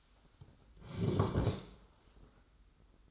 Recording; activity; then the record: daily activity, microphone in the room; sit down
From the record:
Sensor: 3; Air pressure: 991.6 hPa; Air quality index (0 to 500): 176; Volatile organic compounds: 1000 ppm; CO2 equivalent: 5853 ppm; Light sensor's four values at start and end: 36/101/41/35 and 38/110/44/39